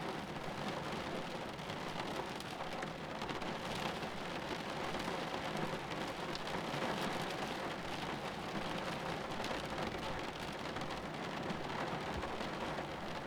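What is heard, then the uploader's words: Steady, heavy rain falls throughout a storm, a dense hiss of countless drops with sharper spatters on a surface. The level barely changes for the whole thirteen seconds, with a faint low rumble underneath and no distinct thunderclaps standing out. Shelter from a storm.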